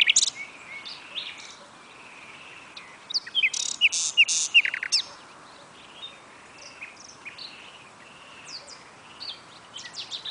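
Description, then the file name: Common nightingale song: a loud burst of sharp, varied notes and short slurs in the middle, with scattered chirps before and after over a steady hiss. "Luscinia megarhynchos"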